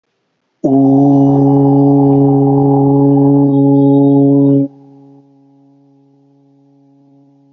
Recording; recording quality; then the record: sustained vowel as in boot; moderate, slight background noise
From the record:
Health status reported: healthy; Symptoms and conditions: none ticked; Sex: male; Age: 28 years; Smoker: not ticked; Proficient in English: yes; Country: India